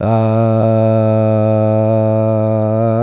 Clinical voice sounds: sustained vowel /a/; male; 80 to 89 years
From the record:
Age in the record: 80 years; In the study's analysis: included

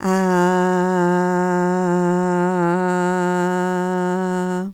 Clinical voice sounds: sustained vowel /a/; female; 50 to 59 years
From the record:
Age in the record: 55 years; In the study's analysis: included

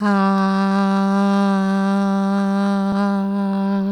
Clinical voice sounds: sustained vowel /a/; female; 60 to 69 years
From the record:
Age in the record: 63 years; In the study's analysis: included

